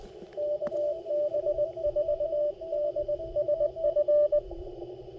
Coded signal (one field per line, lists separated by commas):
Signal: Morse code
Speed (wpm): 22 wpm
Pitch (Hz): 590 Hz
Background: radio noise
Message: KB4DSF